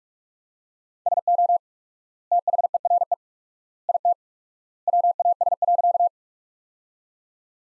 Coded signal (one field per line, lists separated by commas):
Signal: Morse code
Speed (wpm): 45 wpm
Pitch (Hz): 700 Hz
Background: none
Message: SO THERE IT WAS.